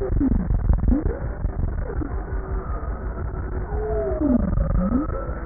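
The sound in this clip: Bowhead whale calls: faint low swooping moans dipping and rising, partly masked by heavy low-frequency underwater rumble and crackle.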